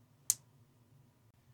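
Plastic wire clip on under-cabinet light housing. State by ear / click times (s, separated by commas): seated / 0.3 s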